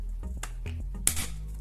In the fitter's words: see you can hear the snap